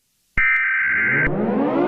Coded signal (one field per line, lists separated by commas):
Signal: Emergency Alert System (SAME) tones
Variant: header bursts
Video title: eas scenario evil barney invasion(lipra seven 2019 re-upload)